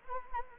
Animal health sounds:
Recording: mosquito wingbeat signal from an infrared sensor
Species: Anopheles arabiensis

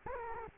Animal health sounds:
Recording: mosquito wingbeat signal from an infrared sensor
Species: Culex quinquefasciatus

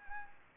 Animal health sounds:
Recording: mosquito wingbeat signal from an infrared sensor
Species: Anopheles gambiae

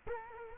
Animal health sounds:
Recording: mosquito wingbeat signal from an infrared sensor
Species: Culex quinquefasciatus

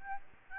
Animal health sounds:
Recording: mosquito wingbeat signal from an infrared sensor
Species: Aedes albopictus

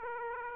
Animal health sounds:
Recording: mosquito wingbeat signal from an infrared sensor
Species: Aedes aegypti

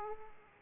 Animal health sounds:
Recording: mosquito wingbeat signal from an infrared sensor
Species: Aedes aegypti

